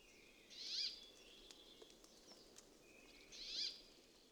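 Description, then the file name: Brambling giving two soft nasal wheezing calls about three seconds apart, faint against a low background hiss. "Peppola-Fringilla-montifringilla Tommaso-Bergman-Xeno-canto"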